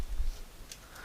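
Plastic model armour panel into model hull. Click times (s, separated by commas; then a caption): 0.7 s. A plastic scale-model engine compartment part, an armour panel, is pressed into its location on a model hull. After a low, quiet handling rumble, a short, bright click sounds at 0.7 s as the part goes in and seats, showing it is located.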